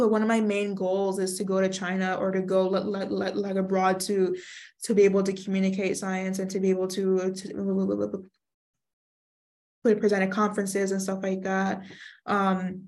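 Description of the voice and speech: A young adult neuroscience student who stutters speaks with whole-word repetitions ("like, like, like", "to, to"), a drawn-out sound and a silent block of about a second and a half before resuming, plus filler "um". These disfluencies are typical of stuttering.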